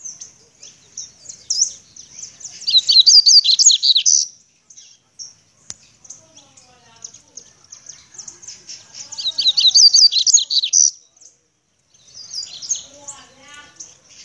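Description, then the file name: Seedeater song, rapid high twittering phrases repeated several seconds apart, each a jumble of sweet slurred notes, with softer calls in between. "canto do papa capim"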